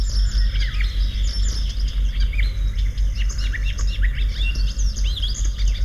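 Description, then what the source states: Icterine Warbler song: fast, jumbled medley of high chirps, slurred whistles and short trills, over a regular low pulsing background. Whole song consists of borrowed fragments; its own sound is a characteristic nasal 'tey'.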